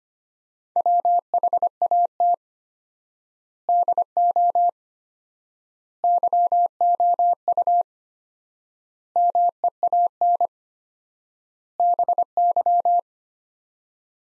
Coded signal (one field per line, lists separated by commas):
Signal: Morse code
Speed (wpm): 25 wpm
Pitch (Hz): 700 Hz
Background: none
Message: WHAT DO YOU MEAN BY